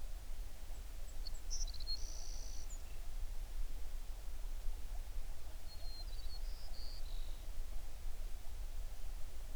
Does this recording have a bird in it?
yes